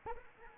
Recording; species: mosquito wingbeat signal from an infrared sensor; Anopheles arabiensis